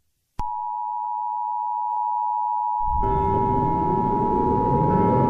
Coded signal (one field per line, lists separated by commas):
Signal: Emergency Alert System (SAME) tones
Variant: 853 and 960 Hz attention tone